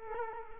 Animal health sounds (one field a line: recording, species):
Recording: mosquito wingbeat signal from an infrared sensor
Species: Culex quinquefasciatus